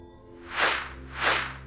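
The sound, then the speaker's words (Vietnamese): Two arrows shot from somewhere fly in quick succession, each an airy whoosh that swells and fades in a broad hiss over a low steady hum, before striking two men. “Bỗng vút vút hai mũi tên từ đâu phóng tới, cắm thẳng vào yết hầu và mắt trái của hai tên đàn em.”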